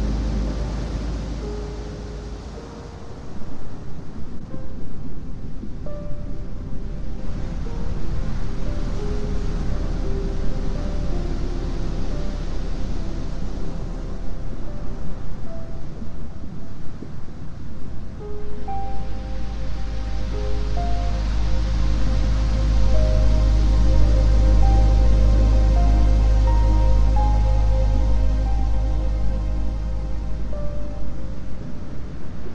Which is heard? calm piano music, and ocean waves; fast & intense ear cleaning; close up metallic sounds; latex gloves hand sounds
calm piano music, and ocean waves